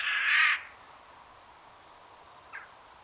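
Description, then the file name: Eurasian Jay giving one harsh, broad rasping screech, then near silence with a faint brief note near the end. "Garrulus glandarius"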